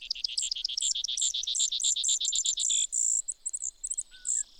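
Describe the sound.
Brewer's sparrow song: a fast run of buzzy, doubled notes, then a brief dry trill at a different pitch, followed by scattered very high, thin chips.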